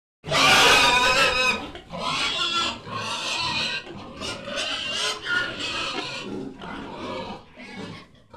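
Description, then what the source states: Pig squealing loudly, harsh shrill screams that come in bursts of one to two seconds, the first the loudest and later ones slightly softer. Outraged pig squealing.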